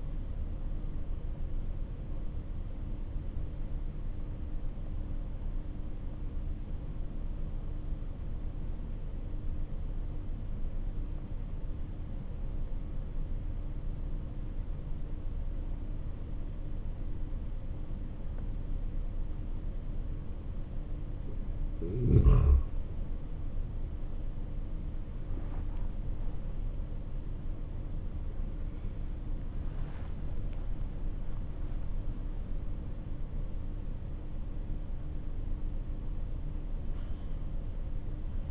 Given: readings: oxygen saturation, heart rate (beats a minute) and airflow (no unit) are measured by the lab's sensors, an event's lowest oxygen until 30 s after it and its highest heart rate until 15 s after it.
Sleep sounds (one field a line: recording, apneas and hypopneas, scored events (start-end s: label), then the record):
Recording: breathing in sleep by a smartphone at the bedside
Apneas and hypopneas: 1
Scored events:
6.00-23.80 s: obstructive apnea (N2, oxygen 96% highest, then 93% lowest, heart rate 49 at the start, 68 highest)
10.00-38.50 s: new sleep stage, N1 (lightest sleep)
From the record:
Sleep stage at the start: N2 (light sleep)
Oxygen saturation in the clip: 92 to 96%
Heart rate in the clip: 48 to 68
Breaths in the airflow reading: 4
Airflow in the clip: -8.6 to 13.0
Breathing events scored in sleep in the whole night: 304 in 5.6 hours asleep